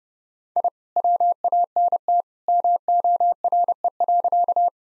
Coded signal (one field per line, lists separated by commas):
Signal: Morse code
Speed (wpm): 32 wpm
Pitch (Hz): 700 Hz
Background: none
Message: I WANT MORE.